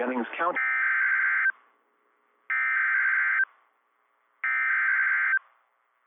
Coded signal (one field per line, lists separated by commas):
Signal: Emergency Alert System (SAME) tones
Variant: header bursts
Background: speech